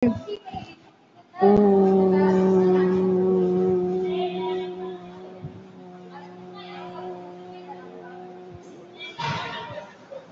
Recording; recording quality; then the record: sustained vowel as in boot; poor, much background noise or distortion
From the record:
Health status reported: COVID-19 positive, moderate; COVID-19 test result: positive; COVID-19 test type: RT-PCR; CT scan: taken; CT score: 5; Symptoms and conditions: cough, cold, breathing difficulty, sore throat, fatigue, muscle pain, loss of smell and taste, asthma, hypertension, diabetes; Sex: female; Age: 69 years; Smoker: no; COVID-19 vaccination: one dose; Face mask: worn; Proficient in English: yes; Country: India